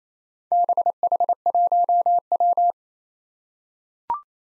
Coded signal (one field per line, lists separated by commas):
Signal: Morse code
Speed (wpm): 27 wpm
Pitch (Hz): 700 Hz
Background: none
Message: BH1W